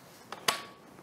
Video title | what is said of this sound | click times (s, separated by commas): Taiwan Product Launch Online (India) 2022 – Day 1 | that's the click that's the bar design | 0.5 s